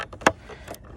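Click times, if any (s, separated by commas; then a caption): 0.3 s. A brake-light bulb socket on a 2006–2015 Nissan Rogue is put back into the tail-light housing's canister and twisted until it locks. A sharp, loud click at 0.3 s marks it seating, with a few fainter ticks and handling sounds around it. The socket is locked in place.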